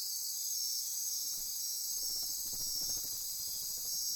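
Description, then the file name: High insect chorus drones steadily while a low rumbling sound comes in from midway on. Insect chorus recorded at midnight near Corcovado. "Wind-is-the-Original-Radio-Fridays 20240628 Andy-Martin Midnight-Insect-Chorus-Near-Corcovado"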